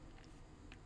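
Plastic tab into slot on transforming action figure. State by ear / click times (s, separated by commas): not seated / none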